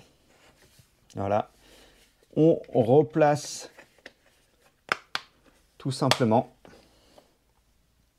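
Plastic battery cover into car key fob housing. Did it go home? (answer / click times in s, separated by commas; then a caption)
yes / 4.9 s, 5.2 s. After the new coin battery goes into a Volvo hands-free key fob, the plastic battery cover is pressed back onto the fob housing with sharp clicks at 4.9 and 5.2 seconds. Someone talks before and after, and the cover is confirmed clipped in place.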